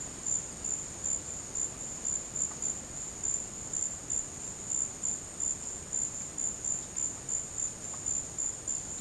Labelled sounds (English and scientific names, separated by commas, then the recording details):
none
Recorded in dense forest near Puerto Asís, Putumayo, Colombia, on 24 March 2025 at 13:00
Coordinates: 0.481, -76.323
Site G088